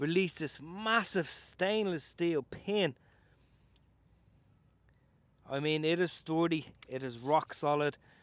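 A man talks about the massive stainless steel folding lock pin on the stem folding joint of an Arvala M10 Pro electric scooter, which holds the stem up and has been handled but not yet seated. Speech fills roughly 0–2.9 s and 5.4–8.3 s, with a near-silent gap between where only a faint tick occurs at 3.8 s. Nothing has seated or clicked yet.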